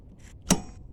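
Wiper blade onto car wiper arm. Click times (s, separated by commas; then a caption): 0.5 s. A new 17-inch wiper blade is pulled onto the hook of a Geo Tracker's wiper arm. A single sharp click sounds at 0.5 s over quiet background noise, with a faint tick near the end. The blade is locked in place on the arm.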